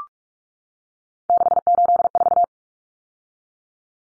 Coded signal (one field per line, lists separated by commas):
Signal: Morse code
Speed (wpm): 44 wpm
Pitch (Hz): 700 Hz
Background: none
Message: 684